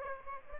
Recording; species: mosquito wingbeat signal from an infrared sensor; Aedes aegypti